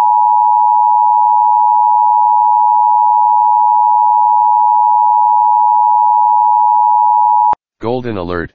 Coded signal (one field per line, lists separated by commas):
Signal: Emergency Alert System (SAME) tones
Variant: 853 and 960 Hz attention tone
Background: speech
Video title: Kentucky Golden alert EAS #13￼